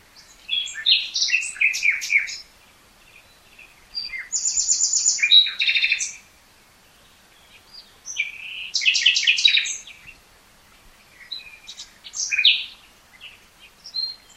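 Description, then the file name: Common nightingale singing phrase after phrase: chattering notes, a rattling buzz, rich varied chirps, and a final brief twitter, with short silences between. "Luscinia megarhynchos"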